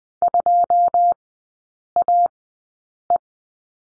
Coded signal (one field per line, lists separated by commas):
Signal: Morse code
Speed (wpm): 20 wpm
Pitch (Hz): 700 Hz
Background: none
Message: 2 A E